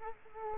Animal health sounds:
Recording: mosquito wingbeat signal from an infrared sensor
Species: Culex quinquefasciatus

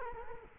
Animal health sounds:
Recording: mosquito wingbeat signal from an infrared sensor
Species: Culex quinquefasciatus

